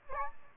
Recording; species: mosquito wingbeat signal from an infrared sensor; Aedes albopictus